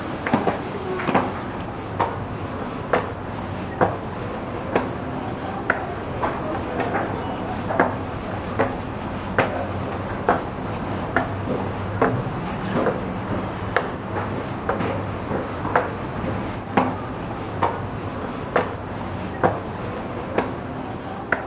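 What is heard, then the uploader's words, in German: Footsteps that gradually slow down, each step a short, dry knock on a hard surface, roughly one every second across the whole stretch. A steady low rumble and faint murmur run underneath, with a few softer thuds between the steps. Die 786 Stufen. Bin auf das Ulmer Münster gestiegen. Die Schritte werden immer langsamer.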